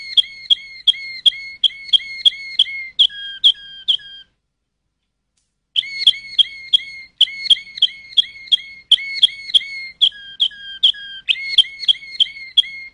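Canary song of sharp, repeated two-pitched notes and short whistled phrases, broken by a brief silent gap before resuming.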